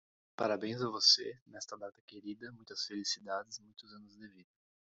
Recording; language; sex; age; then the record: short text; Brazilian Portuguese; male; 20 to 29 years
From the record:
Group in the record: control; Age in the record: 28 years